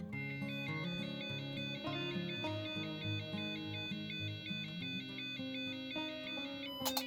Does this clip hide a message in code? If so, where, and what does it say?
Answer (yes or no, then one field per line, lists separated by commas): no